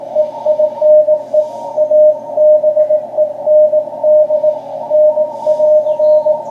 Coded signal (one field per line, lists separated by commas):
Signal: Morse code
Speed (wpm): 18 wpm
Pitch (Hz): 610 Hz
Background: radio noise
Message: EINE ABEND N<AR>